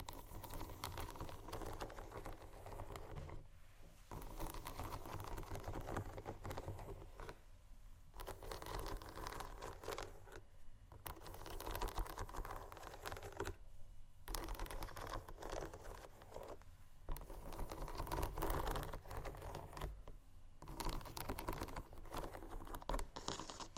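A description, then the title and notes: Shoes scratch and tap in a dense, continuous run of small clicks and scuffs, rather like fast typing. Brief quiet gaps break it up every few seconds, near 3, 8, 11, 14, 17 and 20 seconds, under a steady low rumble. ASMR Shoes Scratching & Tapping（No Talking）.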